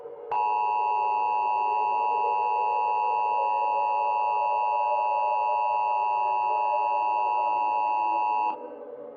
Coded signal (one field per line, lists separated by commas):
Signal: Emergency Alert System (SAME) tones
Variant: 853 and 960 Hz attention tone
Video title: EAS Scenario/Analog Horror - LASTLIGHT